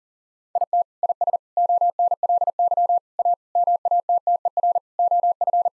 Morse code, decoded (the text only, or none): IT IS ONLY A MATTER OF